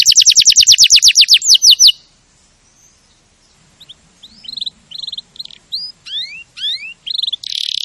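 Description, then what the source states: Canary song: a fast, loud, high trill of repeated notes for two seconds, a pause, then separate sweeping whistles and short buzzy bursts returning in quick succession. Champion canary song, used as a master to train other birds.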